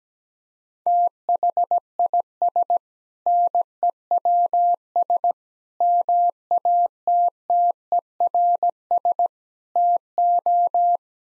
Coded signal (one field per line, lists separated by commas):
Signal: Morse code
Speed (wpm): 17 wpm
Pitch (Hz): 700 Hz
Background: none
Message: THIS NEWS MATTERS TO